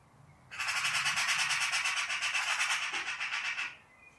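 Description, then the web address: Eurasian magpie uttering one long, dry, machine-gun rattle lasting about three seconds, harsh and evenly pulsed, with quiet background before and after. "cianscape birddata Deverinetal"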